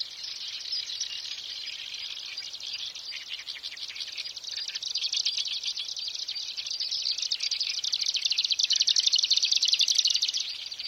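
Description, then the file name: Marsh grassbird song: a dense, rapid stream of high chattering notes, growing louder toward the end over steady background hiss. "oosekka"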